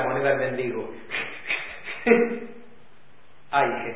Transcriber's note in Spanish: se ríe